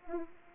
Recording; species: mosquito wingbeat signal from an infrared sensor; Anopheles arabiensis